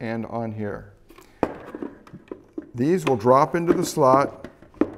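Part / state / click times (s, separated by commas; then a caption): face shield bracket attachment clip into safety helmet accessory slot / not seated / none. Someone talks while handling the plastic attachment clips of a QuickView Shade 5 Cobalt flip-front face shield visor bracket at the accessory slots of a Kask or Petzl safety helmet. Brief handling taps and knocks are heard, the sharpest near 1.4 s and 4.8 s. Nothing has seated or clicked yet.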